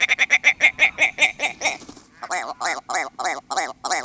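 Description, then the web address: Willow Ptarmigan crowing, a rapid rattling series of nasal notes that fades, then breaks into spaced, gravelly barks like comical laughter. Male; crows to attract females and show other males he is in charge of his stretch of tundra; sounds like he is laughing. "Birdnote. Silly Willow Ptarmigan"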